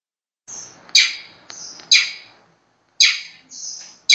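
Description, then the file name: Long-tailed shrike song with thin drawn-out whistles alternating with loud, harsh, sharp notes at uneven intervals. Master song used for training songbirds. "cendet master. omkicau"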